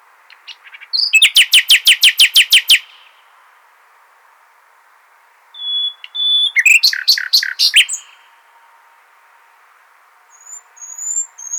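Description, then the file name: Common nightingale song phrases: a fast rattling series of loud repeated notes, a pause with a thin whistle, then a second varied burst of rapid notes. "Luscinia megarhynchos"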